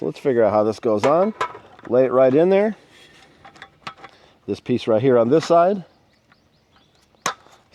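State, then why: Seated. Someone talks while the roll-up aluminum tabletop's end cap, which has small holes, is laid over small tabs on an aluminum folding table frame and pressed down. After a few faint clicks, a sharp snap at 7.3 s marks the end cap seating onto the frame tabs.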